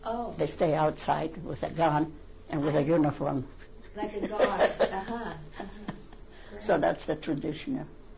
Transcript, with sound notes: They stay outside with a gun and with a uniform. ( she laughs )
Like a guard, uh-huh.
So that's the traditional.